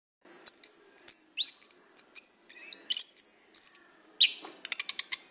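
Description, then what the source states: Lovebird calling: very high, thin squeaky chirps in short clusters after a brief silence, ending in a quick run of sharp repeated notes. Lovebird calls used as a lure to attract lovebirds.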